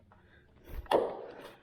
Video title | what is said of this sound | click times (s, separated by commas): How-To Replace Nissan Frontier Heater Core Coolant Lines | and that goes snaps right in there | 0.9 s